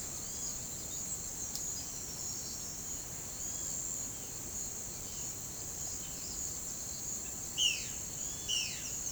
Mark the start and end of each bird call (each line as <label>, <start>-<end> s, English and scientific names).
Violaceous Jay (Cyanocorax violaceus), 7.55-9.12 s